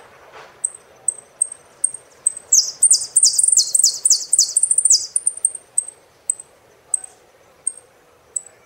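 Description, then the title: Saffron finch song: a burst of rapid, buzzy, descending sweeps, framed by thin, sharp high chips repeated about every half second over a soft background hiss. "Jilguero Argentino"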